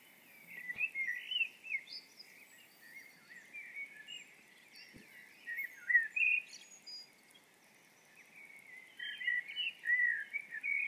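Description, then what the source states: Bird song chorus, rapid repeated chirps and trills rising and falling in loudness, with two soft knocks in the background. Birds singing at dawn.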